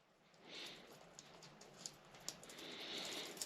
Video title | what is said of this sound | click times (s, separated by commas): Apple Watch Band Stainless Steel with Glass Screen Case - Review | and these Apple watches are these bands are always really easy to replace see how it locked into place | 3.4 s